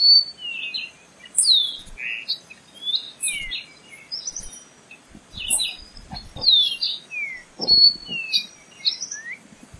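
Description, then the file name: Moriche Oriole song: a varied series of bright whistled slurs and chips, with a few soft low knocks underneath. "canto do rouxinol do rio negro"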